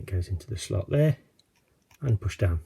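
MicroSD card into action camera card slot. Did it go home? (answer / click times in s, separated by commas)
no / none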